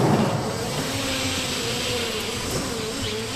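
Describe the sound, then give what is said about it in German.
A forklift lifts a concrete slab from nuclear power plant remains onto a conveyor belt that runs through thick open doors into a nearly 2-metre-tall blue measuring box in a radiation clearance hall, with a steady, loud mechanical drone, low humming motor tones over a broad whooshing noise, even level, no talking. “Ein Gabelstapler hieft eine Betonplatte auf ein Laufband, das durch die dicken geöffneten Flügeltüren in eine knapp 2 Meter hohe blaue Messbox fährt.”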